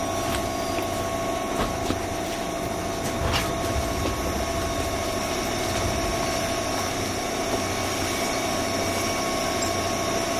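A JR 201 series train runs with a steady, dense rumble that holds level for the full ten seconds. Faint constant whining tones sit above the roar, and a couple of sharp clacks break through near the second and third seconds.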